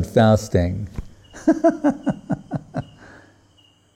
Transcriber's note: laughing